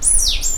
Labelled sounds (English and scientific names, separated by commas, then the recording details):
Stitchbird (Notiomystis cincta) song
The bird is a male
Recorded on Tiritiri Matangi Island, New Zealand, in 2005
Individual 2, of nest box 2